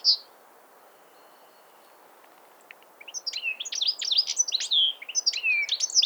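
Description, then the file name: European Goldfinch giving a single high note, then silence for nearly three seconds before a lively burst of high twittering. "Carduelis carduelis"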